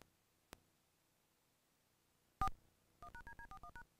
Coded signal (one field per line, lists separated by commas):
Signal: DTMF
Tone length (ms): 80 ms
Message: 4 1#DD41#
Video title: Small Compilation of DTMF Dial Up Tones on VHS Tapes